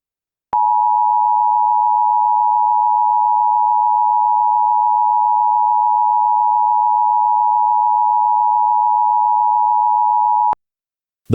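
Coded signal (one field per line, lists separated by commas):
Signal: Emergency Alert System (SAME) tones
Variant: 853 and 960 Hz attention tone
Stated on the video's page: Fictional EAS scenario alert, self-made, not a real broadcast.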